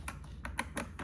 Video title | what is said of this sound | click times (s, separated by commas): The ALL NEW INTEX ZX300 Deluxe Automatic Pool Cleaner | and it pops into place like that pretty neat design | 0.6 s